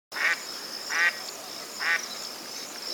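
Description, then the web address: Indian spot-billed duck giving three harsh, rasping quacks spaced nearly a second apart, over a steady thin high-pitched hiss. "indian and burmese spot billed duck call"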